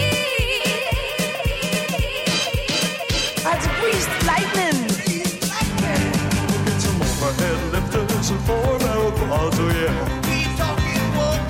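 A lively Friday evening at a bowling alley: steady chatter, frequent sharp clatters, and a low rolling rumble that swells after the midpoint.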